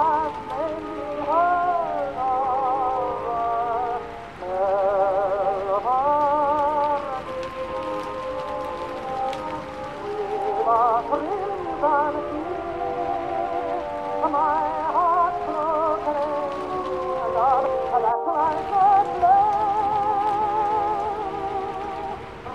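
Oldies play in another room while rain keeps up a steady hiss throughout. A wavering voice and sustained tones carry the song's melody over the constant patter, with a brief gap in the sound at about 18 seconds.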